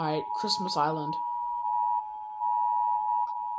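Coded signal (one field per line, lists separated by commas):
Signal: Emergency Alert System (SAME) tones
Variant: 853 and 960 Hz attention tone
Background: speech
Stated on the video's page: Animated EAS alarm.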